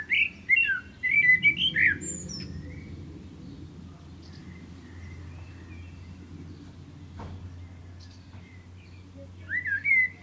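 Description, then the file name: Common blackbird singing a mellow warbled phrase with a squeaky ending, then a long quiet stretch of low rumble before another fluted phrase begins. "Turdus merula"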